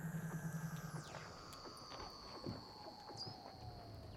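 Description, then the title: Weddell seal underwater calls: a fast low pulsed trill, then long sustained whistles and a slow falling tone. "Douglas Quin - Weddell Seals (Underwater)"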